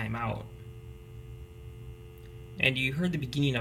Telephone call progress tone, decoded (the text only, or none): dial tone